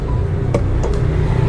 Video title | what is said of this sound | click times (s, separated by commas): Salah Satu Motor Matic Terlaris Di Kelasnya -- Review Lengkap Vario 160 ABS 2024 | kunci maka ini sudah mengunci teman-teman sudah mengunci Ya sudah tidak bisa digerak-gerakkan lagi | 0.5 s